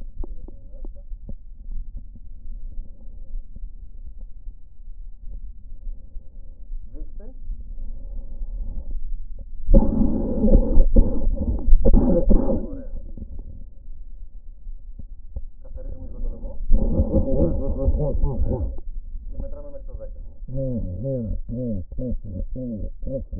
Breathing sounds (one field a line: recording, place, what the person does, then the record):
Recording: lung sounds by stethoscope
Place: right anterior apical chest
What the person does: quiet breathing, then cough and speech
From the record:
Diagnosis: pulmonary infection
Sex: male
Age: 74 years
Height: 171 cm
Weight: 80 kg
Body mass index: 27.4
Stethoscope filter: diaphragm mode